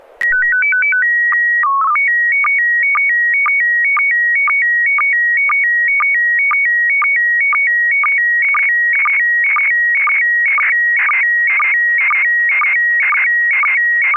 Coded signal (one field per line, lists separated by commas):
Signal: SSTV (slow-scan television)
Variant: PD 120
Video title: N6NA SSTV Net - 11/23/2022